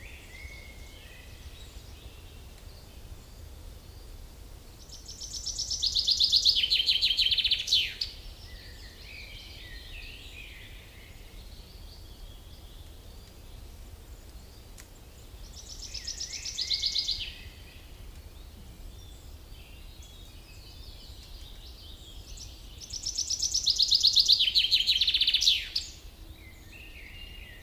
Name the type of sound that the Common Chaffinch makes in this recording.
song